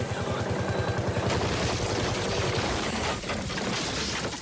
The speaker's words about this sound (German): Ach, du hörst doch. Der sitzt draußen auf seinem Trecker und nebelt die Bäumchen ein.